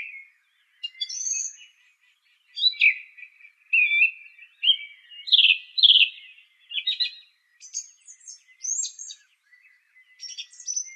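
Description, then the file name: Song thrush song: a steady run of bright, varied whistled and chattering phrases, each brief and separated by short gaps. "suara kicauan burung song thrush. omkicau"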